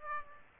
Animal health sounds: mosquito wingbeat signal from an infrared sensor; Aedes aegypti

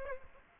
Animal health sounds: mosquito wingbeat signal from an infrared sensor; Aedes aegypti

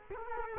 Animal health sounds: mosquito wingbeat signal from an infrared sensor; Culex quinquefasciatus

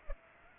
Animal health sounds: mosquito wingbeat signal from an infrared sensor; Culex pipiens

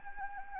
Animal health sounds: mosquito wingbeat signal from an infrared sensor; Anopheles gambiae

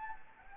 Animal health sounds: mosquito wingbeat signal from an infrared sensor; Anopheles gambiae

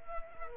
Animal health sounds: mosquito wingbeat signal from an infrared sensor; Culex quinquefasciatus

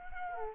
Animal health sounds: mosquito wingbeat signal from an infrared sensor; Culex quinquefasciatus

